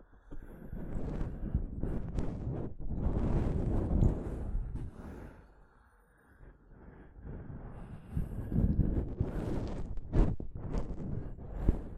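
Microphone tapping and scratching, with low rumbling thuds and rough scraping that swell and fade unevenly. Louder stretches come around two to four seconds and eight to eleven seconds, with a quieter dip near six. Sharp taps break through near ten seconds and at the end.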